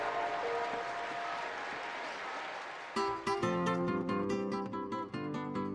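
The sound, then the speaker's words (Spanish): A crowd of more than 100,000 people in Mexico City applauds Madero's arrival on 7 June 1911 in a dense, steady wash of clapping for about three seconds. Then loud church bells start ringing in repeated bright, resonant strikes over the continuing noise. “Luego Madero llegó a la Ciudad de México el 7 de junio de 1911, donde lo recibieron más de 100.000 personas entre aplausos y el tañido de las campanas de las iglesias.”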